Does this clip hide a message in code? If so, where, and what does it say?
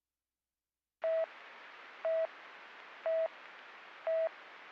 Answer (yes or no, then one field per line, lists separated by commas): no